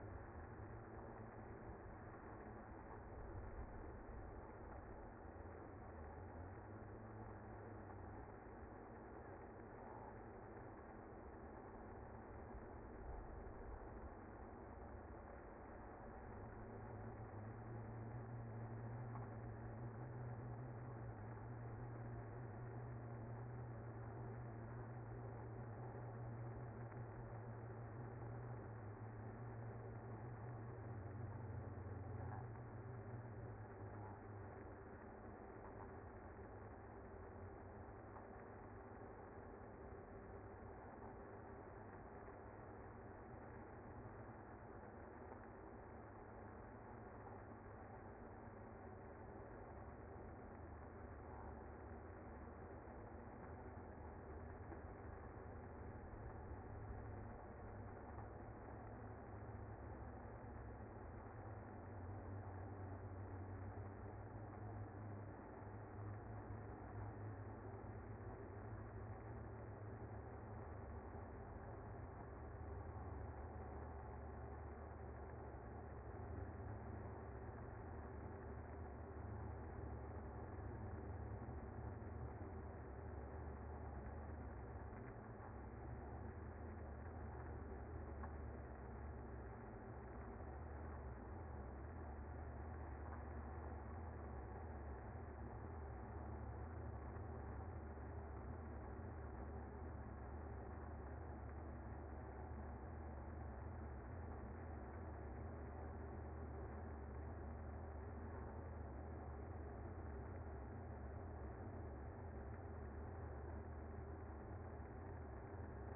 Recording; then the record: honeybee colony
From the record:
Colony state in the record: active